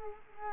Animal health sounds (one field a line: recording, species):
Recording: mosquito wingbeat signal from an infrared sensor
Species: Culex quinquefasciatus